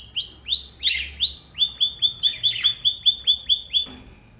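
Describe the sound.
Bird singing a steady series of many short whistled notes, several a second.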